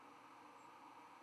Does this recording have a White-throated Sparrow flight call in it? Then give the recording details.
no. Another species' flight call is heard. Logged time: 04:10 on 11 November 2014